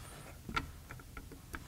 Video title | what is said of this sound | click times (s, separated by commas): Wesson & Leavitt Revolving Rifle | which just snaps into place | 1.5 s